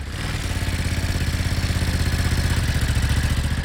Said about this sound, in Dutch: Staan dit soort motoren op die boot? Deze niet specifiek, maar het lijkt er wel op qua geluid.